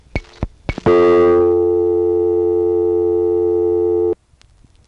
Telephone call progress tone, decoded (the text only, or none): dial tone